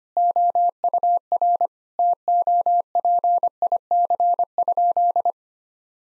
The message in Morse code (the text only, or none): OUR TOPIC?